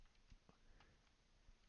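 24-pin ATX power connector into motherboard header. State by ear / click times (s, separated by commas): not seated / none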